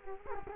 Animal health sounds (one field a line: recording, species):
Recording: mosquito wingbeat signal from an infrared sensor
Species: Culex quinquefasciatus